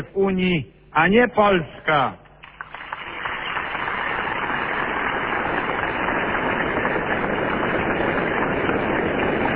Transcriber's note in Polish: oklaski